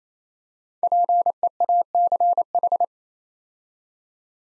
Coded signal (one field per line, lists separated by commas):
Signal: Morse code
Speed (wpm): 28 wpm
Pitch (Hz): 700 Hz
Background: none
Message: PEACH